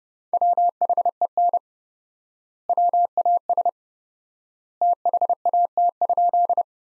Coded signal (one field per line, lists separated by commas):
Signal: Morse code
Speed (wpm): 32 wpm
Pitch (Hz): 700 Hz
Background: none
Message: WHEN WAS THAT?